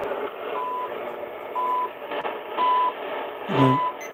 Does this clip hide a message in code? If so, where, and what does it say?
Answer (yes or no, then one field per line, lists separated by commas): no